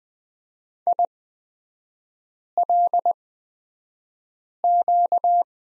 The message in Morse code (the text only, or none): ILQ